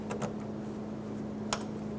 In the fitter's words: Hear that click? Put your red tab down.